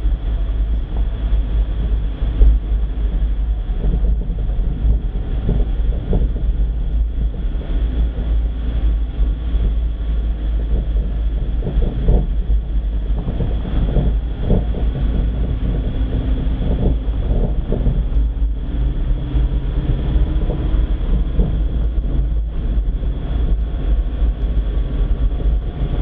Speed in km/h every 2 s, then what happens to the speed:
20, 19, 20, 19, 18, 18, 20, 21, 23, 25, 26, 27, 27.
0-10 steady at about 19. 10-26 speeds up to 27.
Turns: none.